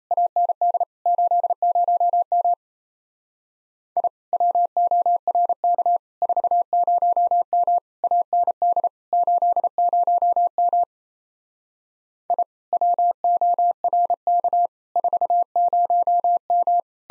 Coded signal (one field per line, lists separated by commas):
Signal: Morse code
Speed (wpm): 36 wpm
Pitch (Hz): 700 Hz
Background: none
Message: AND 80M I WORK 40M AND 80M I WORK 40M